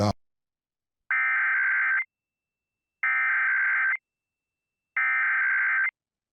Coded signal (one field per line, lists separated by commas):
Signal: Emergency Alert System (SAME) tones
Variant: header bursts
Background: speech